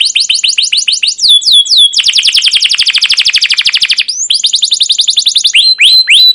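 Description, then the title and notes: Canary song: repeated downward-swept chirps at a steady pace, then a rapid buzzy roll, then more bright swept notes. Long, continuous canary singing with 'cuit cuit' chirps and 'ngerol' rolling trills, used as a lure and tutor recording for young canaries learning to sing. "CUIT CUIT NGEROL LANGSUNG GACOR PANJANG Kenari Pancingan KENAR. PANCINGAN Kenari GACOR PANJANG Cuit CUIT EMOSI MASTERAN Kenari PAUD belajar BUNYI. burung kenari"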